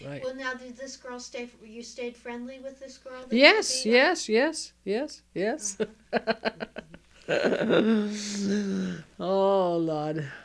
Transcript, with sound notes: Well, now, did this girl stay, you stayed friendly with this girl?
Yes, yes, yes, yes, yes. ( she laughs ) Oh, Lord.